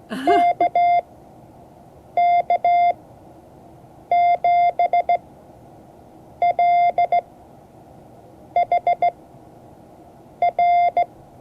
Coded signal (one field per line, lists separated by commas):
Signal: Morse code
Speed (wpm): 15 wpm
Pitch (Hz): 700 Hz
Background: none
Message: KK7LHR